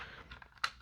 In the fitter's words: and they click on, and then you can do the same thing.